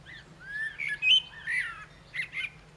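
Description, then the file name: Common blackbird song: a short phrase of mellow fluted whistles around the middle range, ending in squeaky high twittering notes. "Turdus merula"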